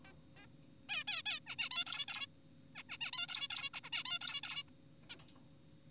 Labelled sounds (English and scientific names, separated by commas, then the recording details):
Zebra Finch (Taeniopygia guttata)
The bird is an adult
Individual g4p5U